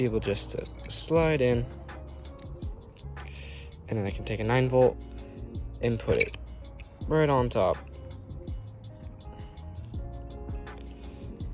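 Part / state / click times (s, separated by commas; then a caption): 9 V battery into a 3D-printed battery holder on the case / not seated / none. A 9 V battery is handled over a 3D-printed battery holder on a case, placed on top ready to be pressed down, while someone talks over background music. A few faint taps and light handling knocks are heard between the words. Nothing has seated or clicked yet.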